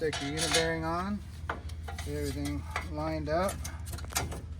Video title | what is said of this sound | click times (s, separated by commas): JEEP JK AXLE UPGRADE | Popped into place. | 4.1 s, 4.3 s